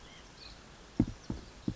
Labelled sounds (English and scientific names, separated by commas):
White-breasted Nuthatch (Sitta carolinensis)